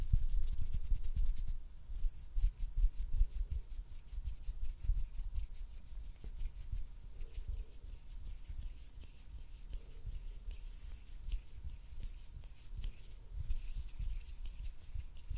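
Close-up finger fluttering and hand sounds: dense rapid scratchy rubbing flutters, bright and crackly, continuing throughout with soft low thumps early on.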